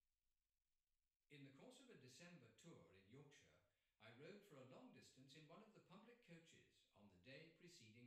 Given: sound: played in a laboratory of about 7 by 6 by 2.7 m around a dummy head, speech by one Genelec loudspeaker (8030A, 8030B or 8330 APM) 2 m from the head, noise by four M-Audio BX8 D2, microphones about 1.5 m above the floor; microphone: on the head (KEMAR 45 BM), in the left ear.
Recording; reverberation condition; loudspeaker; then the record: male speech in English; medium; 30 degrees to the right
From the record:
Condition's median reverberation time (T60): about 510 ms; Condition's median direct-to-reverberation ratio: about -0.5 dB